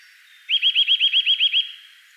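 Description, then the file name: Eurasian nuthatch trill: a rapid, evenly spaced series of clear notes lasting about a second. "Sitta europaea"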